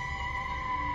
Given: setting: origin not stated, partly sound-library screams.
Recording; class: one-second piece from a danger detection set; woman in danger